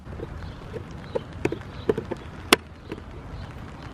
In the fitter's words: i'm not sure if you heard that click but that click means it's in